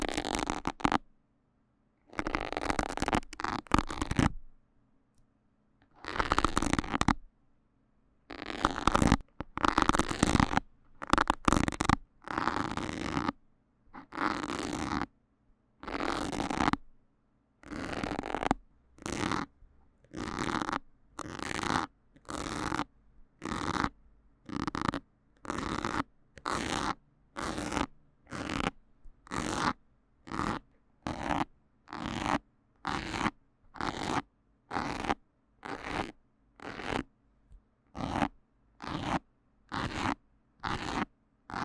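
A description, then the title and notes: A needle is pulled from the mic in scratchy, rasping strokes, irregular at first, then settling into a steady, quickening rhythm of short bursts. 拔針的強烈觸發. Remove the needle from the MIC. NoTalking.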